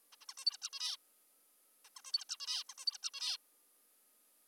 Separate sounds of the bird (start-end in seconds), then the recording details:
0.12-0.16, 0.21-0.25, 0.29-0.34, 0.38-0.45, 0.46-0.57, 0.62-0.69, 0.73-0.96, 1.85-1.89, 1.97-2.02, 2.05-2.12, 2.13-2.24, 2.29-2.37, 2.40-2.63, 2.69-2.74, 2.78-2.85, 2.87-2.98, 3.03-3.10, 3.14-3.37. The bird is an adult. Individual g19o3U